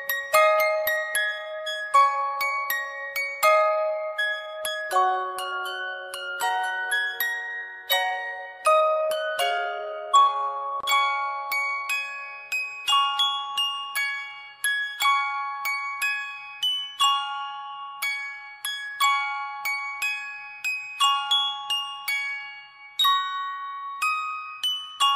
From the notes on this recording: jack in the box pop goes the weasle song plays then speeds up